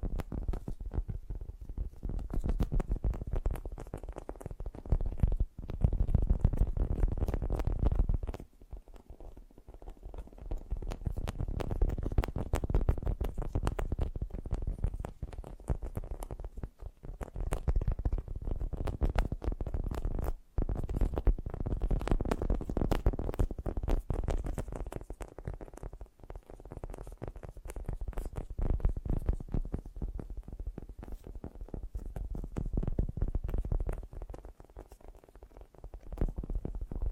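Fast, gentle tapping goes on almost without pause, a dense patter of soft, muffled strokes weighted toward the low end. The rhythm runs in bursts, with brief near-silent breaks around 5, 8 and 20 seconds, and the loudness swells and eases throughout.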